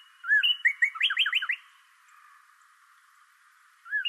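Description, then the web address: A single bird phrase of two arched whistles and a quick tumbling run of sliding notes, followed by quiet and the start of another phrase. Recorded 26 March 2012. "sounds birds 2012 03 26 bird 01"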